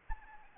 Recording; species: mosquito wingbeat signal from an infrared sensor; Anopheles arabiensis